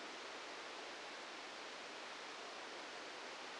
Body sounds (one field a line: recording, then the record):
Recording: brain microelectrode recording played as sound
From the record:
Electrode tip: outside the subthalamic nucleus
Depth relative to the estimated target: 3 mm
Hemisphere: left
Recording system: NeuroSet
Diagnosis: Parkinson's disease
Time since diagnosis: 9 years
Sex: male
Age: 61 years